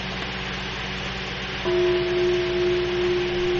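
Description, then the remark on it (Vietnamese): A temple bell is struck once midway for a Buddhist teacher during a dharma talk. Its deep, steady tone rings on without fading over a constant background hiss, and nobody speaks. “Quý vị nghe có tiếng chuông, là cái nghe này người nào mà nghe là cái nghe của phàm phu tục tử, phải không?”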